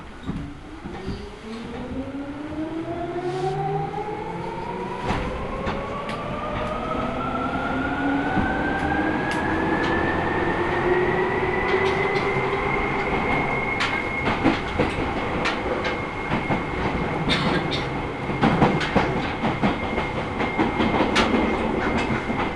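A Seibu Railway train ride, heard as the motor's whine climbs steadily in pitch over the first fifteen seconds as the train accelerates, then holds a high tone. Beneath it runs a constant rumble, with frequent clicks and knocks from the wheels on the rails.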